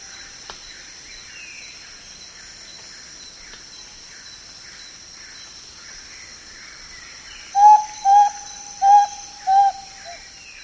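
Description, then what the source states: Spotted antpitta song: after a quiet stretch of background birds and a steady high insect hiss, four pure, level whistled notes, then a fainter fifth. South America.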